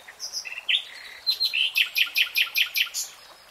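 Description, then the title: Nightingale singing short whistled notes, then a rapid series of loud harsh repeated notes. Nightingale singing in real time. "[Tiếng chim hót] Nightingale Singing"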